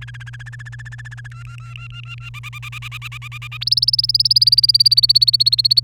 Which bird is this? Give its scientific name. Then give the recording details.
Serinus canaria. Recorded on 1 May 2018 at 14:36. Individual llb3